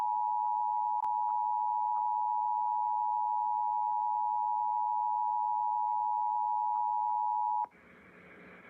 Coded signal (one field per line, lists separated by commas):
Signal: Emergency Alert System (SAME) tones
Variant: 853 and 960 Hz attention tone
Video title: EAS Flash Flood Warning #5 3/15/25 (Credit Goes To @SouthernPennsylvaniaWX & @KanawhaCountyWX)